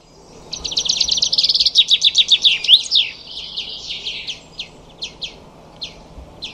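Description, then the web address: Bird singing a fast, high trill of repeated notes that slows into spaced, sharp chirps over a faint low hum. "Deverinetal 2025"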